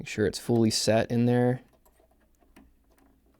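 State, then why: Seated. A new coin cell battery is pushed into its holder on the circuit board of a rack-mount guitar effects controller. Someone talks, then several faint ticks follow as the battery is pressed in. It clicks fully into the holder at 2.6 s and is seated.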